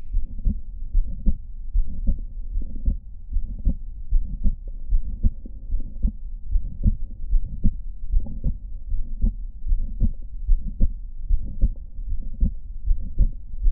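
Steady adult heartbeat at about 75 beats a minute, with short, sharp extra sounds in systole between the first and second heart sounds. These are systolic clicks heard at the pulmonic point, the second left intercostal space, an atypical auscultatory sign of mitral valve prolapse.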